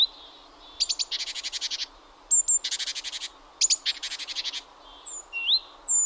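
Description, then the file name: Great tit calls: thin high notes leading into fast buzzy churring trains, three bursts in quick succession, with brief whistles near the end. "Parus major"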